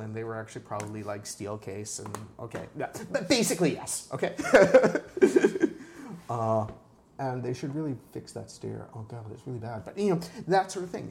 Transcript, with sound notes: They were actually probably steel case––okay, basically, yes.” [laughs] “And they should really fix that stair. Oh god, it’s really bad.” But you know, that sort of thing.